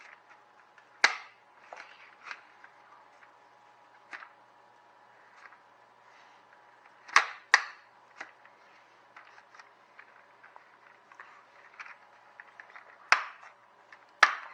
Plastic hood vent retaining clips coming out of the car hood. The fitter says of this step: it actually comes off kind of easy you can hear it's snapping these things right here